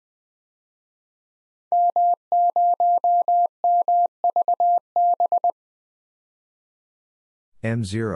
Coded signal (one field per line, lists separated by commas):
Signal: Morse code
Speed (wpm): 20 wpm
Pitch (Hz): 700 Hz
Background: none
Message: M0MVB